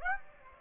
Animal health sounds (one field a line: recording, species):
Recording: mosquito wingbeat signal from an infrared sensor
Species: Aedes aegypti